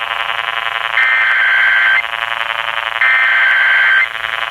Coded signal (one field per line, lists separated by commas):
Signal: Emergency Alert System (SAME) tones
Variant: header bursts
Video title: TOO MANY FLOODS! (EAS 94-101)